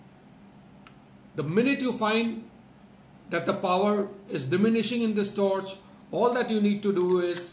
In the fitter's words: it a lock so that it locks in place